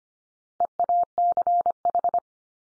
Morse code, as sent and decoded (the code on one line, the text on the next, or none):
. .- -.-. ....
EACH